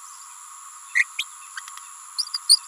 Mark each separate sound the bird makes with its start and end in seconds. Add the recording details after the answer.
0.95-1.05, 1.18-1.24, 1.56-1.60, 2.33-2.38, 2.49-2.60. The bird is a female. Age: 28 days. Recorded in a nest box in Venezuela. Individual 17B31A3